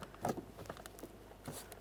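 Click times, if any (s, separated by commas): none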